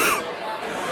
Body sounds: coughing mixed with background sound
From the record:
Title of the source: 31 night wet cough

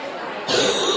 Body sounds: coughing mixed with background sound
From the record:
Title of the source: 30 Chesty and wet cough

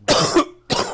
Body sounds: coughing mixed with background sound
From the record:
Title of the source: Coughing 79

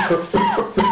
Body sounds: coughing mixed with background sound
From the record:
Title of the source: Mid-morning Winter Coughing Fit

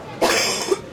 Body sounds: coughing mixed with background sound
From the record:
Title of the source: 61 morning phlegmy cough...again

